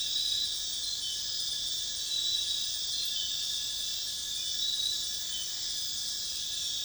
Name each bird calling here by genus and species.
none